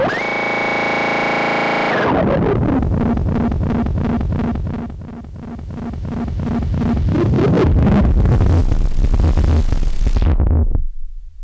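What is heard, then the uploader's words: A steady buzzy synthesized tone gives way after two seconds to fast, regular pulsing noise over a low drone, brightening with hiss before stopping abruptly. This track aimed to go from a simple sine wave to textured soundscapes and rhythmic noise.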